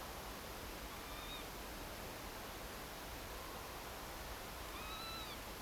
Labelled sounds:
Northern Lapwing (Vanellus vanellus)
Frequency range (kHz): Northern Lapwing (Vanellus vanellus) 1.1-5.3 kHz
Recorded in France

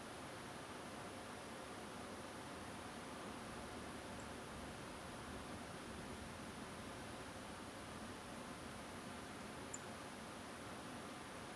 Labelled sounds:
Song Thrush (Turdus philomelos)
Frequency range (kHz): Song Thrush (Turdus philomelos) 6.9-10.8 kHz
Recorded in France

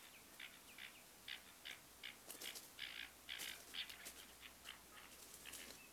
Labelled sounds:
Common Nightingale (Luscinia megarhynchos), Water Rail (Rallus aquaticus), unidentified animal sound
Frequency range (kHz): Common Nightingale (Luscinia megarhynchos) 2.1-3.8 kHz; Water Rail (Rallus aquaticus) 1.1-5.9 kHz
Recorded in France

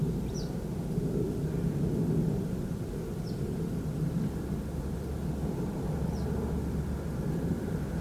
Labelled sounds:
Western Yellow Wagtail (Motacilla flava)
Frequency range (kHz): Western Yellow Wagtail (Motacilla flava) 2.4-6.3 kHz
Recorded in France

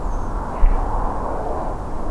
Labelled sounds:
Redwing (Turdus iliacus)
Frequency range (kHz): Redwing (Turdus iliacus) 5.8-7.4 kHz
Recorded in France

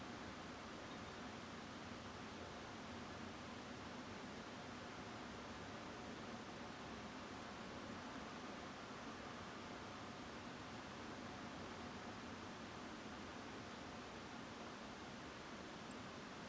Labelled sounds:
man-made sound, Song Thrush (Turdus philomelos)
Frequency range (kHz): Song Thrush (Turdus philomelos) 7.2-10.2 kHz
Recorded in France

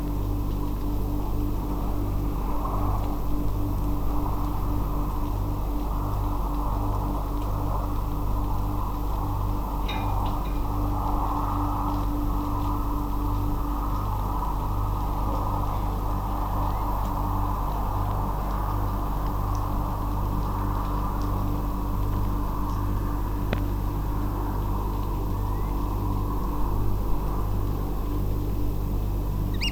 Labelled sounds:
Eurasian Curlew (Numenius arquata), Eurasian Oystercatcher (Haematopus ostralegus)
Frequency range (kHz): Eurasian Curlew (Numenius arquata) 1.4-2.3 kHz; Eurasian Oystercatcher (Haematopus ostralegus) 1.6-10.7 kHz
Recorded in France

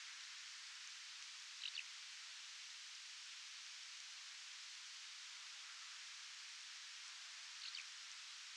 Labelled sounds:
Eurasian Skylark (Alauda arvensis), unidentified sound
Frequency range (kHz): Eurasian Skylark (Alauda arvensis) 2.2-4.9 kHz
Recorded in France

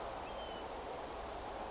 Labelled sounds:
European Golden Plover (Pluvialis apricaria)
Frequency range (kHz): European Golden Plover (Pluvialis apricaria) 2.3-3.4 kHz
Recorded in France

